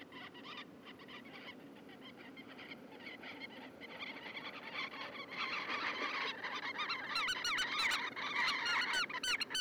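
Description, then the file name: Bar-tailed godwit flock calls: after a quiet, hissy start, many short arched nasal notes build up in the last few seconds, overlapping in a busy chatter. A flock at Portland, 23 August 2017, at about 04:01 hours. "Bar-tailed-Godwit-flock-Portland-230817-04 01 hrs"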